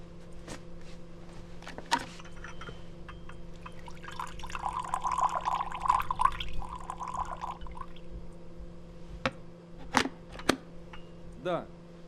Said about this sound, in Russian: Ну, закипел чайник. Лена, завязав халат, подошла к нему и наливает чашку.